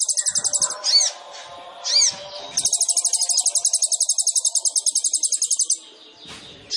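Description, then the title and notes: Sunbird song: rapid buzzy trills of high notes in long bursts, broken by a few sweeping chirps, with fainter lower twittering beneath. Indonesian masteran training recording for songbirds; described as full of varied notes (isian) and bursts (tembakan), suited as a lure (pancingan); bird described as gacor (singing vigorously). "MASTERAN KOLIBRI NINJA TERBAIK FULL ISIAN DAN TEMBAKAN MEWAH COCOK BUAT PANCINGAN. Suara Burung Kolibri Ninja Gacor"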